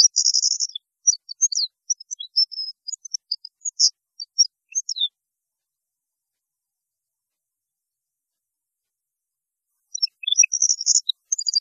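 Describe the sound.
European goldfinch song opening with a harsh buzzy burst, followed by sparse high twittering notes, a long pause, then another buzzy phrase.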